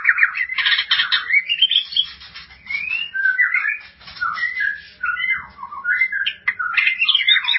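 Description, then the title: White-rumped shama song: a rich, varied run of whistled phrases and harsh chattering notes, rising and falling quickly with brief pauses between bursts. "Kicau Murai Batu"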